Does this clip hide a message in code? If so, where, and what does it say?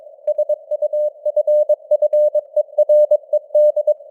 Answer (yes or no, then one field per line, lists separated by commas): yes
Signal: Morse code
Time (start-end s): 0.3-3.9 s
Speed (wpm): 22 wpm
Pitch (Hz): 600 Hz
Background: none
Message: SUFFERED